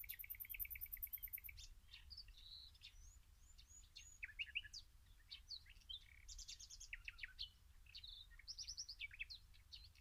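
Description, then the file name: Common nightingale song opening with a loud rapid series of repeated ringing notes, then scattered whistles and chirps over a steady low rumble. "Luscinia megarhynchos"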